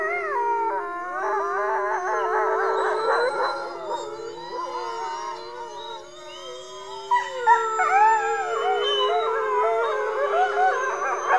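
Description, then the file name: Coyote yipping chorus, with quavering, bouncing yelps piling over long sustained howls; the calling eases mid-way, then swells again into a frenzied burst. Coyote yip howls presented together with a wolf chorus of howls. "Howls Growls - Coyote Yip Howls and Wolf Chorus Howls"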